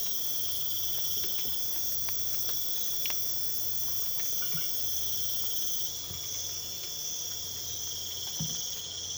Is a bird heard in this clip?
no